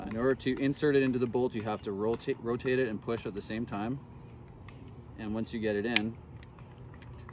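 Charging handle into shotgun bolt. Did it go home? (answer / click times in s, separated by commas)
yes / 7.3 s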